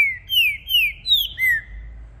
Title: Esse É PERFEITO Para ESQUENTAR Seu TRINCA Piando, Cantando E Macheando Na DISPUTA. Trinca Ferro VALENTE! VIRANDO VARIOS TIPOS DE CANTOS!! Melhor para ABRIR O CANTO!!